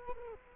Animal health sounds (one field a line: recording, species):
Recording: mosquito wingbeat signal from an infrared sensor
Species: Culex quinquefasciatus